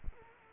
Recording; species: mosquito wingbeat signal from an infrared sensor; Culex quinquefasciatus